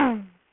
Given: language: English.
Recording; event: throat vibration sensor signal played as sound; throat clearing